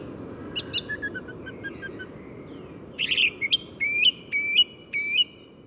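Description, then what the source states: Common Chiffchaff song in the second half, several sharp notes; low background noise throughout. Bird that has just woken up, Bois de Vincennes, 6 April 2018, with permanent suburban background noise.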